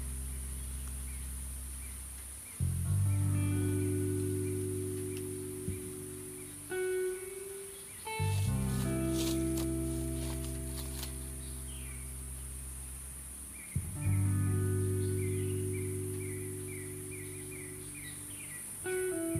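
Calm lofi music plays in slow chords over a steady hiss, with low, warm tones swelling in at about 2.5 seconds, 8 seconds and 14 seconds and fading between. A bright, high whine runs throughout, with short chirping accents scattered above.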